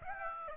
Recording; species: mosquito wingbeat signal from an infrared sensor; Aedes aegypti